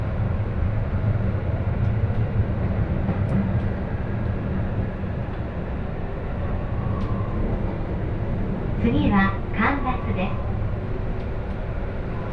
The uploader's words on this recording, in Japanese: 耳で楽しむ鉄道旅 常磐線普通 石岡→土浦→取手。